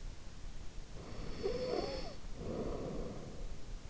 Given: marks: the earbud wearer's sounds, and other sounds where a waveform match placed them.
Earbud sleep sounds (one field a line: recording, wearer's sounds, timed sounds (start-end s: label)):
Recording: sounds in sleep by an in-ear microphone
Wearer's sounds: snoring breath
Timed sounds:
0.67-3.73 s: snoring breath